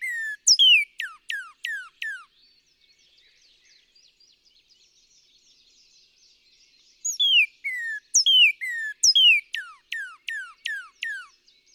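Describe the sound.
Northern cardinal song: clear whistled notes sliding downward in a quick series, a pause, then another longer run of falling whistles.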